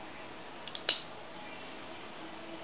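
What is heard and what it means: During reassembly of a Rock Island Armory 1911 GI Mid-size pistol, an internal part is pushed fully up toward the top of the steel frame. Two faint ticks at about 0.7 and 0.8 seconds lead into one sharp, bright click at 0.9 seconds. The part is then seated in place.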